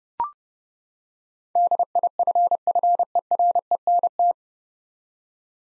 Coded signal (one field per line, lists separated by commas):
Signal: Morse code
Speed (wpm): 32 wpm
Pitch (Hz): 700 Hz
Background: none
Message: DIFFERENT